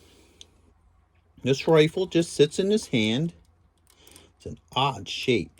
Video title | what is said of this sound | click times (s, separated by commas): Review NECA Gargoyles Demona | All right. Pops right in. | 0.4 s